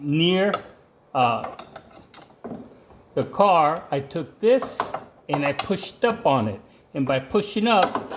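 During a door hinge rebuild on a 1975 Corvette, a metal hinge component is pushed upward toward its hole in the hinge while someone talks. Brief knocks sound at about 1.8, 2.1, 2.4 and 2.9 seconds. The part has not locked into its hole yet, so nothing has seated or clicked.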